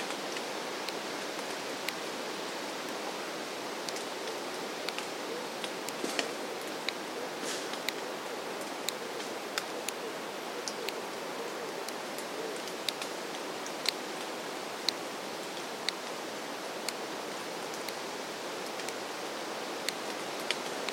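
A woodland soundscape under a steady, dense rushing hiss, like flowing water or wind, that never lets up. Sharp, dry snaps of breaking twigs cut through it about once a second, unevenly spaced, some louder and brighter than others.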